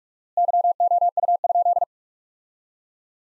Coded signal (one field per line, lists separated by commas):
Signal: Morse code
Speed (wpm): 42 wpm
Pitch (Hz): 700 Hz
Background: none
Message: YOU?